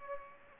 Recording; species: mosquito wingbeat signal from an infrared sensor; Aedes aegypti